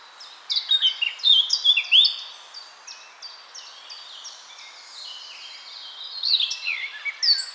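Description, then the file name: Eurasian blackcap song: a rich, fast warble of varied whistled and chattering notes, loud at first, quieter in the middle, then rising again. "Sylvia atricapilla"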